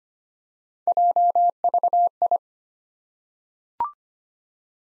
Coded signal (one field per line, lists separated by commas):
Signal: Morse code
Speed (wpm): 25 wpm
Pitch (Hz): 700 Hz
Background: none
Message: JVI